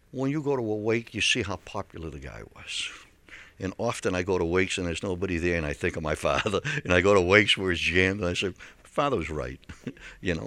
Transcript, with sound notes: when you go to a wake you see how popular the guy was." And often I go to wakes and there's nobody there, and I think of my father. (he laughs) And I go to wakes where it's jammed and I say, father was right, you know.